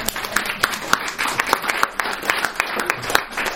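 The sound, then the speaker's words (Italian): Audience applause at a book presentation in Bolzano, welcoming an internationally known singer, with many sharp, overlapping claps forming a steady, moderately loud patter, with some individual claps standing out, and no talking. “Applauso.”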